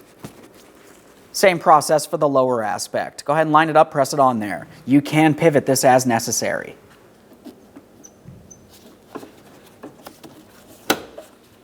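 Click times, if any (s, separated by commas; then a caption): 10.9 s. On a 2008-2016 Chrysler Town & Country, the lower socket end of a liftgate lift support is lined up, pivoted and pressed onto the body ball stud while someone talks. After a quiet stretch with a few faint taps, it snaps on with a sharp click at 10.9 s, and the lift support is secured.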